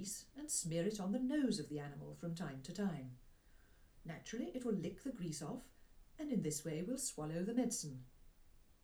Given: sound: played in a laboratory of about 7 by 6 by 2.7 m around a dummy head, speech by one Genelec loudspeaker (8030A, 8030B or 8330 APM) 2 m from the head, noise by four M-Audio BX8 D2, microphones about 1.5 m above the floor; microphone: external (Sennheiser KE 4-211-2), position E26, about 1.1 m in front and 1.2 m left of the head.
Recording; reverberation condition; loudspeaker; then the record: female speech in English; low; 30 degrees to the right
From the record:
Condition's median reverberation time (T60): about 310 ms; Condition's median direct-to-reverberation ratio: about 3.5 dB